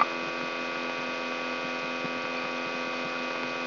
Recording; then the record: brain microelectrode recording played as sound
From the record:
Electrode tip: inside the subthalamic nucleus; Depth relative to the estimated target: 0 mm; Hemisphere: left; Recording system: AlphaMap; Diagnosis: Parkinson's disease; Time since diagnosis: 17 years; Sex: male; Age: 64 years